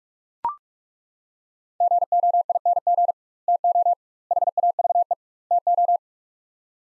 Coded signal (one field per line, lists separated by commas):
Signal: Morse code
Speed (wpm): 41 wpm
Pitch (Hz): 700 Hz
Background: none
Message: GOING TO HAVE TO